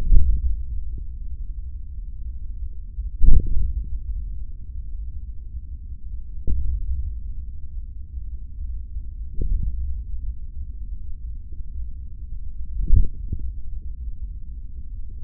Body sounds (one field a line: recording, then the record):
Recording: forearm muscle sounds (acoustic myography)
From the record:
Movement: hand closing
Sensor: system 3, bracelet of six PUI Audio POM-2738L microphones around the upper forearm, with dedicated amplification and filtering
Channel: 1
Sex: male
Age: 25 years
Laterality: right